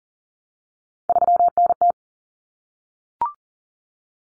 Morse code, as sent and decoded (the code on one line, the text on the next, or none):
...-- -. -
3NT